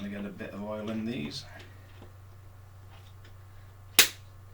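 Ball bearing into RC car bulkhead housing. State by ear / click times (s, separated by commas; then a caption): seated / 4.0 s. Someone talks briefly while oiling steel ball bearings for the bulkhead of an Xray XT8E 22 RC car. After a short quiet pause, one sharp, loud snap at 4.0 s marks a bearing being pressed and seated into its plastic bulkhead housing, where it fits with tight tolerances.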